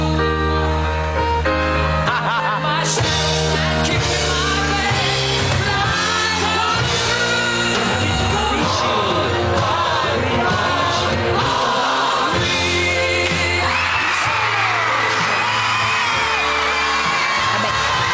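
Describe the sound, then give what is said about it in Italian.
A loud crowd screams and yells continuously for several seconds as a band is announced winner of a TV talent show, whoops and shouts piling over one another above a steady backing of music. “solo l'urlo, hanno vinto i …, in particolare ha vinto …, perché anche Maria quando si è lasciata andare dice vince …, perché è il frontman, è il cantante”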